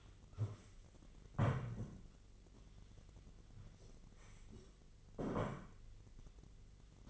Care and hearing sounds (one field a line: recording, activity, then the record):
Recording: daily activity, microphone in the room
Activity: stand up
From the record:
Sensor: 4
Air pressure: 1013.1 hPa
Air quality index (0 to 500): 175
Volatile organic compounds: 2 ppm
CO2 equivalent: 1106 ppm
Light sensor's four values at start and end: 49/120/51/54 and 49/120/51/54